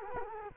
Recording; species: mosquito wingbeat signal from an infrared sensor; Culex quinquefasciatus